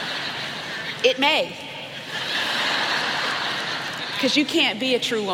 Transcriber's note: laughter